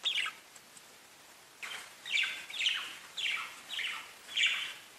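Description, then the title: Budgerigar chirping calls, a brief opening note, then after a pause a series of several short, bright, downward-slurred chirps coming roughly every half second. "Budgie Sounds"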